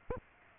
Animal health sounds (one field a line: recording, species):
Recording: mosquito wingbeat signal from an infrared sensor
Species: Aedes aegypti